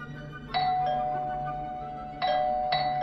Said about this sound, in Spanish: Era medianoche cuando masacré el timbre de la casa del pseudocirujano.